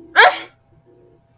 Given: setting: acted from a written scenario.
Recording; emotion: vocal sound without words; fear